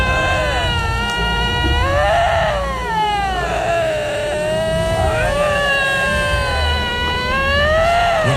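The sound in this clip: Lynx yowling in a long, eerie, wavering wail that rises and falls repeatedly, with rich harmonics.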